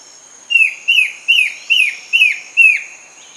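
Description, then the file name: Bird giving a run of six bright, falling chirps at an even pace, backed by a continuous shrill insect drone. "SABIOD 50 bird 2015"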